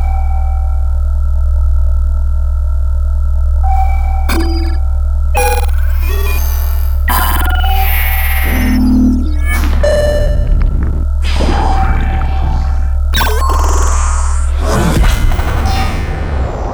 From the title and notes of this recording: Alien Spacecraft Sound Effects. All these samples were created from hardware synthesizers and field recordings, and have then been twisted to add an inspiring alternate-reality sonic character. Reactor rumbles.